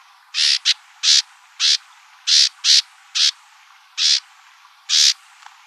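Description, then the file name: Bewick's wren giving harsh, buzzy scolding notes, most about a quarter second long, some shorter, repeated irregularly around nine times with soft hiss behind. Calls, Arizona, 24 March 2002. "BEWR CALLS 1 deviche"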